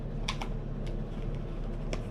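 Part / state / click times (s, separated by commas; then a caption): plastic part onto half face respirator / seated / 0.3 s. A plastic part is fitted onto a 6200 series half face respirator, giving a sharp click at 0.3 s as it seats on. Two fainter short clicks follow at 0.4 s and 1.9 s over a steady low background hum.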